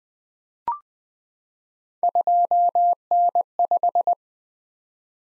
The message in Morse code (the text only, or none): 2N5